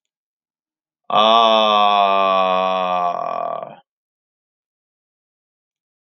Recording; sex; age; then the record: vowel held as long as possible; male; 30 to 39 years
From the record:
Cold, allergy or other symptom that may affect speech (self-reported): no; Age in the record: 39 years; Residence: Nevada, United States